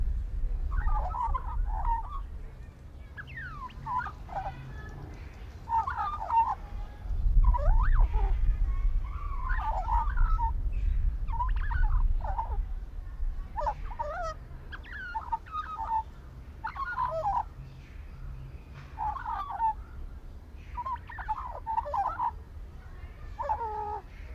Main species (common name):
Australian Magpie